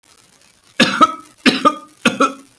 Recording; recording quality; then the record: shallow voluntary cough; excellent, no background noise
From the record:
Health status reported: healthy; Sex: male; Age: 44 years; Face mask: not worn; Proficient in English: yes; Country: India